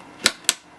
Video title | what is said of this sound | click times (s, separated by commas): Basic Build Tutorial - Super Basic PC | open up these two little tabs and you're going to push down until you hear it snap | 0.3 s, 0.5 s